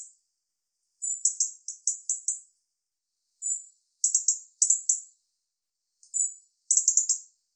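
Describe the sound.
European robin with high, fast stuttering notes grouped into brief rattling runs, separated by pauses of up to about a second of silence.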